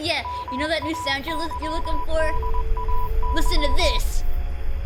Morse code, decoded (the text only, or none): MAYDAY